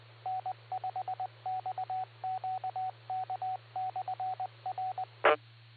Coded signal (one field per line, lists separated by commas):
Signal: Morse code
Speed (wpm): 20 wpm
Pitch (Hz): 750 Hz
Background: radio noise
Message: N5XQK/RE